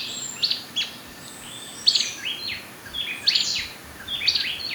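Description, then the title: Black-crested warbler uttering sharp, high chips with short tails, about four bursts over several seconds, above a low hiss. "Myiothlypis Nigrocristata"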